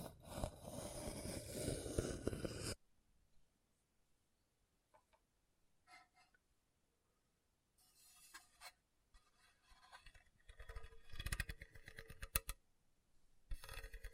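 Scratching across a hard, bumpy surface opens with a loud, dense rasp lasting under three seconds, then stops abruptly. After a quiet stretch with faint scattered ticks, irregular bursts of gritty scraping return from about eight seconds on, strongest near eleven and twelve seconds, with a final burst at the end.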